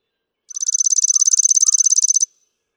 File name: Chipping Sparrow